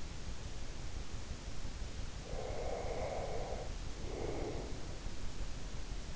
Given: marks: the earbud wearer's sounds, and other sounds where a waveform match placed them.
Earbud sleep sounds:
sounds in sleep by an in-ear microphone; breath
2.25-5.05 s: breath

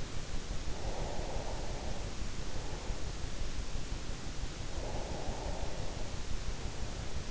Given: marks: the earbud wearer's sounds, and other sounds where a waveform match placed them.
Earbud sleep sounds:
sounds in sleep by an in-ear microphone; breath
0.53-3.66 s: breath
4.50-7.31 s: breath

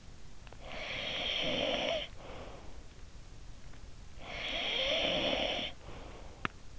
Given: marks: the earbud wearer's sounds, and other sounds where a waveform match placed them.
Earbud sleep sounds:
sounds in sleep by an in-ear microphone; snoring breath
0.28-3.02 s: snoring breath
3.89-6.37 s: snoring breath

